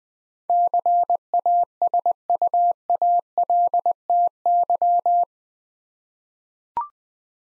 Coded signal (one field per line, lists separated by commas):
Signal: Morse code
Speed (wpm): 21 wpm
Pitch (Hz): 700 Hz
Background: none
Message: CASUALTY